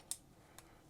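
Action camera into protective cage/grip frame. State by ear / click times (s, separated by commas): seated / 0.1 s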